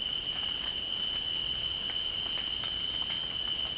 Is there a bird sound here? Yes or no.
no